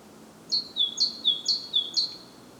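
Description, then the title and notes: Great tit song: four bright two-note phrases, a high note dropping to a lower one, repeated steadily about twice a second over faint background hiss. Recorded at Głodówka, Žilina Region, Slovakia, with a Zoom F3 recorder and Usi Pro microphones. "Głodówka, Kraj żyliński, Słowacja - Great voice of a great tit. Recordist: Maciej Wirmański"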